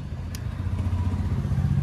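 During service on a Royal Enfield Himalayan motorcycle, the first of two clips on a service part, thought to be a cover, is pressed into place. A short, sharp snap at 0.35 s rises over a steady low rumble, and the clip seats and latches.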